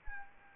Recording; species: mosquito wingbeat signal from an infrared sensor; Anopheles arabiensis